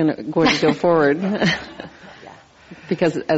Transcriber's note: laughter